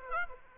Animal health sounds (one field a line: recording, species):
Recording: mosquito wingbeat signal from an infrared sensor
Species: Aedes aegypti